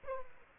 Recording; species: mosquito wingbeat signal from an infrared sensor; Aedes aegypti